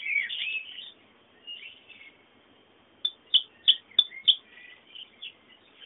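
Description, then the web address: Bird song and calls, a warbled twitter at the start, then five sharp, evenly spaced chip notes, trailing off into soft chirps. Bird sounds meant as background ambience. "sounds fondo pajaros"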